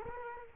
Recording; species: mosquito wingbeat signal from an infrared sensor; Culex quinquefasciatus